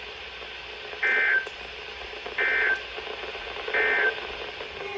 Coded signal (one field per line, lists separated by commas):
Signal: Emergency Alert System (SAME) tones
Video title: RNK PULLS A 5/22/22 STERLING (Alerts from 7/13/23) (EAS #737 - 750)